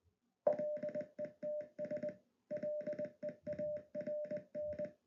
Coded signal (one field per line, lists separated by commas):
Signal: Morse code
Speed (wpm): 20 wpm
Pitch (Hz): 600 Hz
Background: none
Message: LETS LEARN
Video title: Morse Code Converter App in Android Studio Mobile App Development Series (Final Episode!)